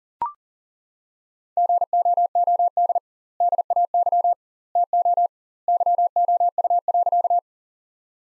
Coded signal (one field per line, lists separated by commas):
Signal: Morse code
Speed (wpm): 40 wpm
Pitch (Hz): 700 Hz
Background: none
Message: GOOD DAY TO YOU.